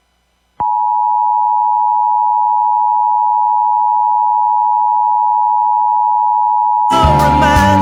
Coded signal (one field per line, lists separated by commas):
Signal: Emergency Alert System (SAME) tones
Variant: 853 and 960 Hz attention tone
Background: music